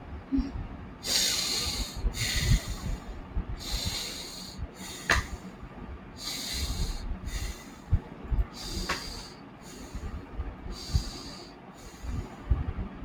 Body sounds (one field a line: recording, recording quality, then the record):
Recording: deep breathing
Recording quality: excellent, no background noise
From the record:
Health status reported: healthy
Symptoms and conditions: asthma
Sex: male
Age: 32 years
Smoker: yes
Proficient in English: yes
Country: India